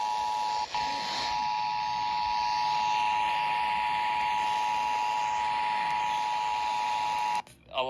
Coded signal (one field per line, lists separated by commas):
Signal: Emergency Alert System (SAME) tones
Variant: 853 and 960 Hz attention tone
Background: speech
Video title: EAS #137/148 - 2023 National Periodic Test - (10/04/2023)